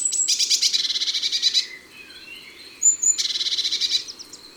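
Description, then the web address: Eurasian blue tit song: a fast high trill lasting over a second, a pause with faint thin notes, then another trill. January recording. "Janvier La Mesange bleue. les-4-saisons-des-chants-doiseaux"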